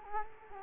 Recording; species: mosquito wingbeat signal from an infrared sensor; Culex quinquefasciatus